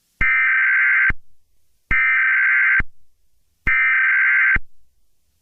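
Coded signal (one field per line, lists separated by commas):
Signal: Emergency Alert System (SAME) tones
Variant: header bursts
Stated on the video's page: Fake Danish EAS alert, not the real Emergency Alert System in Denmark.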